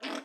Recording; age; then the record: pig call; piglet (1 to 25 days)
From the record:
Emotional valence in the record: negative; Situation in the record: restrain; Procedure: in the arms of a person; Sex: female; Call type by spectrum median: low-frequency call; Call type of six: low-frequency tonal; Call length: 0.25 s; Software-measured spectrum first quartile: 488 Hz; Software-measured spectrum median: 1284 Hz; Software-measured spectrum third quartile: 2839 Hz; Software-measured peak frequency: 283 Hz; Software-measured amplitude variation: 165 dB a second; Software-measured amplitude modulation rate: 24.2 a second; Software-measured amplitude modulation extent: 6.8 dB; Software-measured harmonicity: 0.2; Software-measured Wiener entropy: -0.98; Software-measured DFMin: 634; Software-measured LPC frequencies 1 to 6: 541, 1350, 2573, 3317, 5083, 8322 Hz